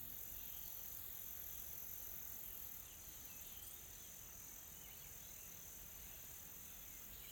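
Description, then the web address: Insects calling as a dense high drone, slightly louder early on. Calm tropical forest ambience in South Africa with soft insects calling. "Sonniss com - GDC 2020-Game Audio Bundle Smart Sound FX - Nature South Africa AMBIENCE Additional Tropical Forest Soft Insects Calm"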